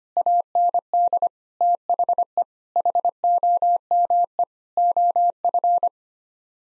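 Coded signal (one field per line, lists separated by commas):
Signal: Morse code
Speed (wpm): 25 wpm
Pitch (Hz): 700 Hz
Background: none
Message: AND THE HOME OF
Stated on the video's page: Morse head-copy drill of common nine-word English groups at 25 wpm.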